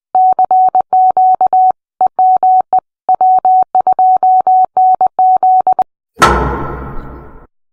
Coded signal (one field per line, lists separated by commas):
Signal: Morse code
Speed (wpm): 20 wpm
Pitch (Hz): 750 Hz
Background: none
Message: CQ EME W2NZ